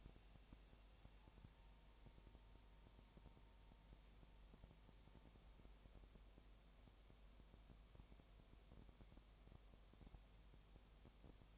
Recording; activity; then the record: daily activity, microphone in the room; no activity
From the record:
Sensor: 1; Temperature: 19.7 degrees Celsius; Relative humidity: 37.1%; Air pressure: 1007.2 hPa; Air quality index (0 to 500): 144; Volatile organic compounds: 5 ppm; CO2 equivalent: 1762 ppm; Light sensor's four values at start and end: 1/2/1/1 and 1/2/1/1